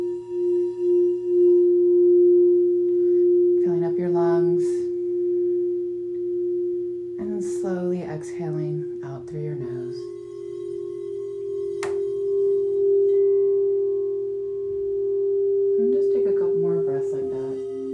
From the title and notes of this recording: This quick grounding meditation features a high C, low C, middle C and F bowl.